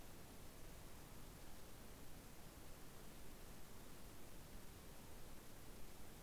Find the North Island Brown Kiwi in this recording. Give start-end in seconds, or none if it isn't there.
none